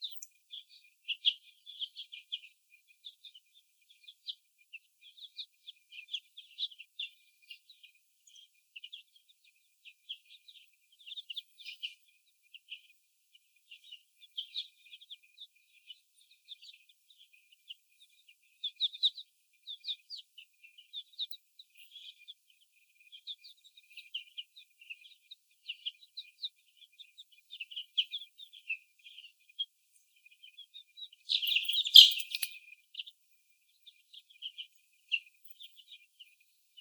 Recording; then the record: young laying hens in a cage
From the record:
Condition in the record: before the stressor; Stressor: sudden umbrella opening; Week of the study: 2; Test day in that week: 1